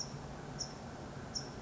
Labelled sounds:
California Towhee
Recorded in Sonoma County, California

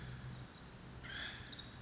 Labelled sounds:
Pacific Wren
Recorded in Sonoma County, California

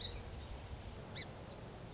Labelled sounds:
Song Sparrow
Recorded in Sonoma County, California

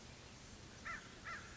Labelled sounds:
American Crow
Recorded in Sonoma County, California

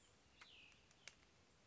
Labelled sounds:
Cassin's Vireo
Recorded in Sonoma County, California

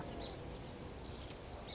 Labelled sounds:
Song Sparrow
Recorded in Sonoma County, California

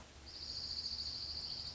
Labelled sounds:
Dark-eyed Junco
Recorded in Sonoma County, California

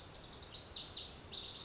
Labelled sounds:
Lazuli Bunting
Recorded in Sonoma County, California

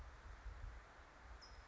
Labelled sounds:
California Towhee
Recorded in Sonoma County, California

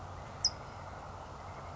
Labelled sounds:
California Towhee
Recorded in Sonoma County, California

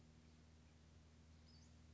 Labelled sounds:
Western Flycatcher
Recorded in Sonoma County, California

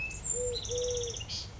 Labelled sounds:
Eurasian Collared Dove
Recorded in Sonoma County, California

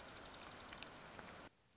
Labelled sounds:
Dark-eyed Junco
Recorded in Sonoma County, California

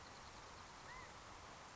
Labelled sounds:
California Quail
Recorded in Sonoma County, California

